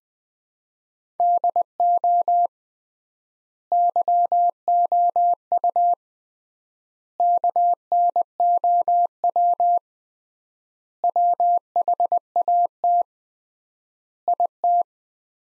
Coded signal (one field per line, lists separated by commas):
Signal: Morse code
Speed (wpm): 20 wpm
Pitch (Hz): 700 Hz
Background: none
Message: DO YOU KNOW WHAT IT